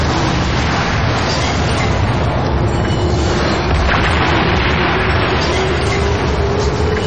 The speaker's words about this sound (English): They're blowing up the Tacoma. They should have done this years ago. All right. Now we'll throw out a couple of explosions there.